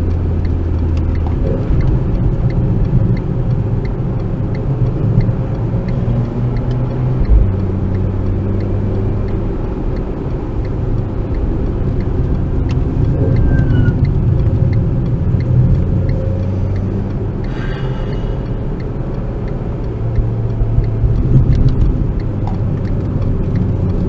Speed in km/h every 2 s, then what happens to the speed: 60, 56, 61, 66, 78, 81, 58, 48, 52, 61, 61, 50.
3-10 speeds up to 81. 10-13 brakes to 48. 20-24 brakes to 50.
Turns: 0-5, 12-14.